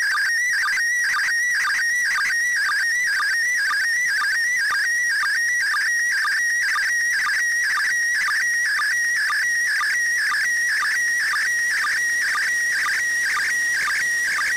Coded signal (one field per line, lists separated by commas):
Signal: SSTV (slow-scan television)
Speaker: this is a recording of an entire image download